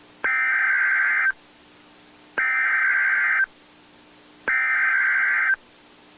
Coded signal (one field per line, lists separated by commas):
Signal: Emergency Alert System (SAME) tones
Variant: header bursts